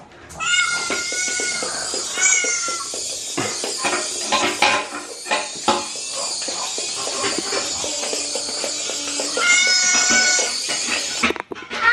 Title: Spider:kat meowing